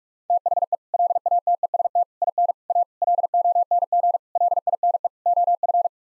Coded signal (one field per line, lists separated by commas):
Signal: Morse code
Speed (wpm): 46 wpm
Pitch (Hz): 700 Hz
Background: none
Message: THE LATEST IN A LONG LINE OF